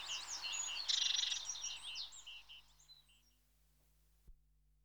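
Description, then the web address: Eurasian blue tit chattering: a quick buzzy churr amid a flurry of high thin twittering notes that fade out, followed by a single low knock. "BBC Sound Effects Library Birds Blue TIT (Parus Caeruleus)"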